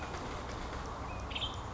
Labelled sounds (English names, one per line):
Western Tanager